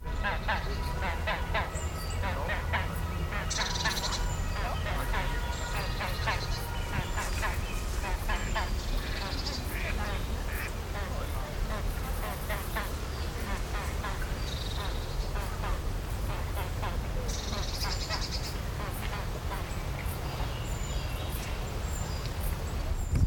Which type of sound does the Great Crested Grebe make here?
call